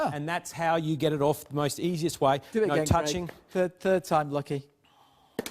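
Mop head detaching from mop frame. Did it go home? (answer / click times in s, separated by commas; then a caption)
released / 5.4 s, 5.5 s. A microfibre mop head is pinned to the floor while the handle is pushed away so the plastic frame releases it. Someone talks for most of the clip, then after a quiet pause two sharp clicks at 5.4 s and 5.5 s mark the head popping off the frame on the third try.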